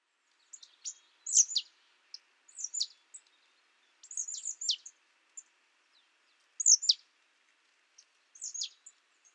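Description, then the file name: Marsh tit uttering clusters of thin, high downslurred notes, each cluster a few notes long, returning every one to two seconds. "Poecile palustris"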